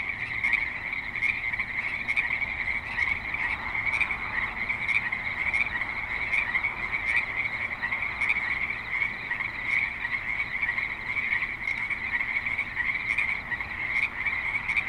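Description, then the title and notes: Frogs croaking in a steady, crowded chorus across the whole stretch. Frogs at a creek in suburban Spanish Springs, Nevada. "Frogs in Spanish Springs, NV - creek view. Frogs with light traffic and other suburban sounds"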